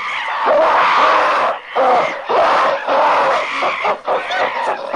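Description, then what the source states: Ape screams in long, loud, raspy bursts broken by brief gaps. Angry apes, long bouts of screaming and growling.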